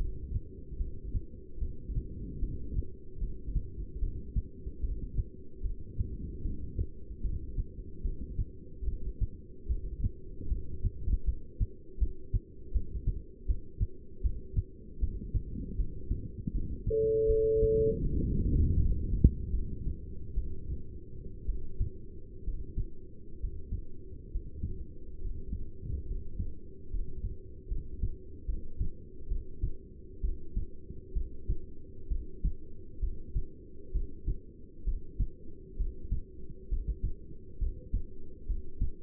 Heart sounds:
heart sounds by stethoscope; 72 bpm
0.79 s: heartbeat
1.60 s: heartbeat
2.41 s: heartbeat
3.20 s: heartbeat
4.01 s: heartbeat
4.82 s: heartbeat
5.63 s: heartbeat
6.43 s: heartbeat
7.23 s: heartbeat
8.03 s: heartbeat
8.86 s: heartbeat
9.68 s: heartbeat
10.49 s: heartbeat
11.26 s: heartbeat
12.00 s: heartbeat
12.73 s: heartbeat
13.47 s: heartbeat
14.23 s: heartbeat
15.00 s: heartbeat
15.77 s: heartbeat
16.53 s: heartbeat
17.28 s: heartbeat
18.03 s: heartbeat
18.78 s: heartbeat
19.52 s: heartbeat
20.36 s: heartbeat
21.47 s: heartbeat
22.45 s: heartbeat
23.41 s: heartbeat
24.32 s: heartbeat
25.21 s: heartbeat
26.07 s: heartbeat
26.91 s: heartbeat
27.69 s: heartbeat
28.46 s: heartbeat
29.29 s: heartbeat
30.21 s: heartbeat
31.14 s: heartbeat
32.08 s: heartbeat
33.00 s: heartbeat
33.92 s: heartbeat
34.85 s: heartbeat
35.77 s: heartbeat
36.69 s: heartbeat
37.59 s: heartbeat
38.47 s: heartbeat
From the record:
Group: heart failure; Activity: rest 0-16 s, breath hold 16-39 s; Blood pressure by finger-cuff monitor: 172/116 mmHg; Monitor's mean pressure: 137 mmHg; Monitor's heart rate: 75 bpm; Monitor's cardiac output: 7.4 L/min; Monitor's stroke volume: 98 mL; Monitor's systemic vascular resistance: 1410 dyn s/cm5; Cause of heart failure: non-ischemic cardiomyopathy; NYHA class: 1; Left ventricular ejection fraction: 62%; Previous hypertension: present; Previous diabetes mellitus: present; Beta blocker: bisoprolol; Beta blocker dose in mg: 10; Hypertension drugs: sacubitril-valsartan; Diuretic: furosemide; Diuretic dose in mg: 20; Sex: male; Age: 49 years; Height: 167 cm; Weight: 110 kg

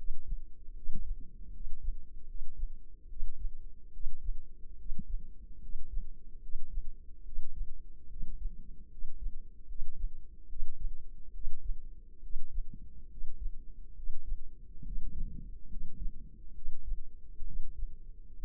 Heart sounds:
heart sounds by microphone in the left ear; 71 bpm
0.72 s: heartbeat
1.50 s: heartbeat
2.25 s: heartbeat
3.06 s: heartbeat
3.90 s: heartbeat
4.75 s: heartbeat
5.58 s: heartbeat
6.39 s: heartbeat
7.22 s: heartbeat
8.06 s: heartbeat
8.87 s: heartbeat
9.65 s: heartbeat
10.46 s: heartbeat
11.30 s: heartbeat
12.19 s: heartbeat
13.07 s: heartbeat
13.93 s: heartbeat
14.82 s: heartbeat
15.66 s: heartbeat
16.52 s: heartbeat
17.43 s: heartbeat
18.36 s: heartbeat
From the record:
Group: healthy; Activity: rest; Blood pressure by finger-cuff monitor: 113/64 mmHg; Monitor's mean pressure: 76 mmHg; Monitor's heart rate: 72 bpm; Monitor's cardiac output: 5.4 L/min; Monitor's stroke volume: 74 mL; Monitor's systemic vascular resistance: 1020 dyn s/cm5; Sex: male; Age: 20 years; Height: 167 cm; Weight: 61 kg

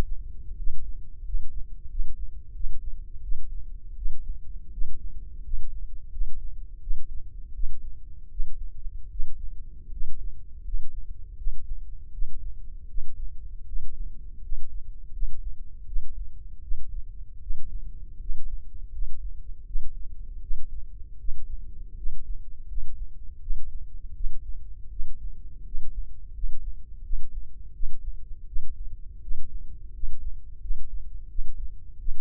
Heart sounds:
heart sounds by microphone in the left ear; 82 bpm
0.54 s: heartbeat
1.22 s: heartbeat
1.87 s: heartbeat
2.52 s: heartbeat
3.20 s: heartbeat
3.94 s: heartbeat
4.69 s: heartbeat
5.41 s: heartbeat
6.09 s: heartbeat
6.78 s: heartbeat
7.51 s: heartbeat
8.28 s: heartbeat
9.08 s: heartbeat
9.88 s: heartbeat
10.62 s: heartbeat
11.34 s: heartbeat
12.10 s: heartbeat
12.86 s: heartbeat
13.64 s: heartbeat
14.39 s: heartbeat
15.10 s: heartbeat
15.84 s: heartbeat
16.59 s: heartbeat
17.38 s: heartbeat
18.17 s: heartbeat
18.89 s: heartbeat
19.63 s: heartbeat
20.39 s: heartbeat
21.16 s: heartbeat
21.93 s: heartbeat
22.65 s: heartbeat
23.38 s: heartbeat
24.12 s: heartbeat
24.88 s: heartbeat
25.62 s: heartbeat
26.31 s: heartbeat
27.00 s: heartbeat
27.71 s: heartbeat
28.44 s: heartbeat
29.19 s: heartbeat
29.90 s: heartbeat
30.58 s: heartbeat
31.26 s: heartbeat
31.96 s: heartbeat
From the record:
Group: healthy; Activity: rest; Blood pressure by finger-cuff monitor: 121/88 mmHg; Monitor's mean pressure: 98 mmHg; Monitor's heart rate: 81 bpm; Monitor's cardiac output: 5.8 L/min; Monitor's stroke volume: 72 mL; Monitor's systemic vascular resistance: 1240 dyn s/cm5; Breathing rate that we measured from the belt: 14 breaths a minute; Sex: male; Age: 21 years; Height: 180 cm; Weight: 67.5 kg

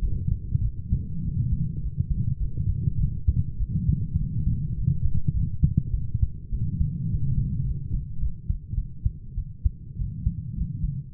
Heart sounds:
heart sounds by stethoscope; 103 bpm
0.01 s: heartbeat
0.62 s: heartbeat
1.23 s: heartbeat
1.81 s: heartbeat
2.39 s: heartbeat
2.98 s: heartbeat
3.59 s: heartbeat
4.18 s: heartbeat
4.75 s: heartbeat
5.33 s: heartbeat
5.92 s: heartbeat
6.51 s: heartbeat
7.09 s: heartbeat
7.65 s: heartbeat
8.20 s: heartbeat
8.76 s: heartbeat
9.36 s: heartbeat
9.98 s: heartbeat
10.56 s: heartbeat
11.12 s: heartbeat
From the record:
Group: healthy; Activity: light exercise 0-10 s, rest 10-11 s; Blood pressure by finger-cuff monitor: 127/72 mmHg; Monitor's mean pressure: 88 mmHg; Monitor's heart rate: 103 bpm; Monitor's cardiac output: 8.4 L/min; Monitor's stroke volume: 82 mL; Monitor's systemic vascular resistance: 770 dyn s/cm5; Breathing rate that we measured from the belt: 21 breaths a minute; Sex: female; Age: 22 years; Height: 160 cm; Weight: 63 kg

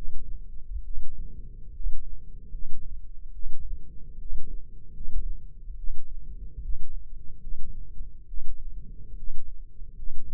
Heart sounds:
heart sounds by microphone in the left ear; 72 bpm
0.80 s: heartbeat
1.70 s: heartbeat
2.48 s: heartbeat
3.29 s: heartbeat
4.15 s: heartbeat
4.90 s: heartbeat
5.74 s: heartbeat
6.58 s: heartbeat
7.37 s: heartbeat
8.24 s: heartbeat
9.13 s: heartbeat
9.93 s: heartbeat
From the record:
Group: healthy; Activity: rest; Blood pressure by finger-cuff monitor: 101/77 mmHg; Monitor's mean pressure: 84 mmHg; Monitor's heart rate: 72 bpm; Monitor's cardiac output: 5 L/min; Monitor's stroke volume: 70 mL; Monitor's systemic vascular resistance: 1210 dyn s/cm5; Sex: male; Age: 20 years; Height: 187 cm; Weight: 68.9 kg

